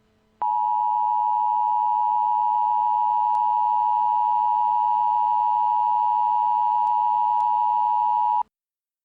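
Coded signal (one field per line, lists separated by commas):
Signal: Emergency Alert System (SAME) tones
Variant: 853 and 960 Hz attention tone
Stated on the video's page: Mock compilation built from real tornado warning and emergency EAS alerts with valid tones.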